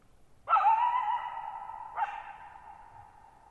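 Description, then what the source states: Coyote giving a drawn-out wavering bark-howl, then a second shorter yelp, both trailing into a long echo against near silence. Lone coyote calling at night, July 14, 2019, Thirtymile Meadows, Okanogan National Forest high country, Pacific Northwest, 1950 m, dry plateau meadow bowl with boggy ground, long natural reverberation.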